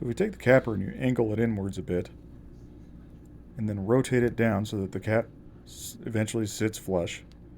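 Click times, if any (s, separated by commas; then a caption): none. A star capper is angled inward and rotated down to press a copper percussion cap onto the nipple of a Pietta 1851 Navy cap-and-ball revolver cylinder. A man talks throughout, with quieter handling noise in the pauses. Nothing has seated or clicked yet; the cap is not yet home.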